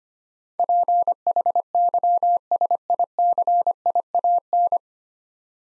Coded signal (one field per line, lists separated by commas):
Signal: Morse code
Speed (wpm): 25 wpm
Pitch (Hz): 700 Hz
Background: none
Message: PHYSICIAN